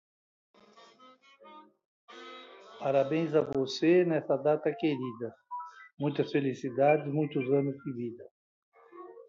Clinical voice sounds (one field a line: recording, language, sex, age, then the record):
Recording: short text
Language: Brazilian Portuguese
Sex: male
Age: 70 to 79 years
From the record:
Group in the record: control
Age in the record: 70 years